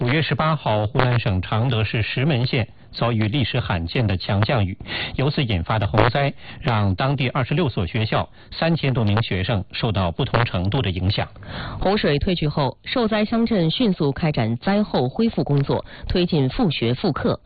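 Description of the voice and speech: A single adult male voice reads a Mandarin news report at a steady, even pace with brief natural pauses. Articulation is clear and voice quality smooth, with no hoarseness, repetitions or slurring. Typical fluent adult speech.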